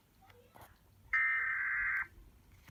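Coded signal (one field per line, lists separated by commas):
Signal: Emergency Alert System (SAME) tones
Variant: header bursts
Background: speech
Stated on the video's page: Fictional EAS scenario.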